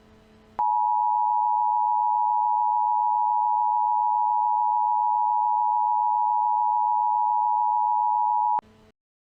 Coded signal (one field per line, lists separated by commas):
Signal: Emergency Alert System (SAME) tones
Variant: 853 and 960 Hz attention tone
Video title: Don’t Approach It; An EAS Scenario